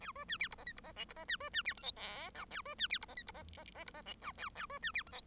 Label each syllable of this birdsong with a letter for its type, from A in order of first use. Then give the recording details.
A B C D E F G E F H E F C B C D I J K L A B C D E F G E F F F E F H L A A B C D I J. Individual Bird1